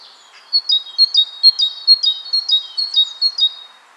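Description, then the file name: Great tit giving rapid paired high and lower notes, a ringing two-note phrase repeated steadily for about three seconds over faint background hiss. "Parus major"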